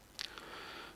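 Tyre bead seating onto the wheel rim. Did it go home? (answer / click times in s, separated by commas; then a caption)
yes / 0.2 s. A refitted car tyre is inflated on a manual tyre changer until its rubber bead pops over the steel rim seat. A sharp pop at 0.2 s is followed by a softer second pop near 0.4 s over a steady hiss of air. The bead is seated on the wheel rim.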